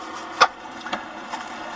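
The plastic cabin air filter access cover on a 2017 GMC Sierra 2500HD is pressed onto the HVAC housing after the new cabin air filter is inserted, to lock it in place. A sharp snap at 0.4 s is followed by a few fainter short hits near 0.9 and 1.3 s over low background noise. The cover clicks and seats in place.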